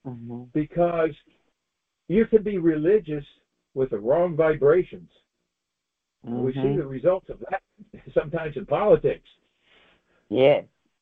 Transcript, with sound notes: Because you can be religious with the wrong vibrations.
Mm-hmm.
We've seen the results of that (laughs) sometimes in politics.
Yeah.